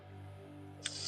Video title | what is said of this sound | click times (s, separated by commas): RIGHT OUT THE BOX: DYETB? EDITION | snap damn it okay yeah snapped in place | 0.9 s